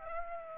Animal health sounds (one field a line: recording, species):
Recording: mosquito wingbeat signal from an infrared sensor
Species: Aedes aegypti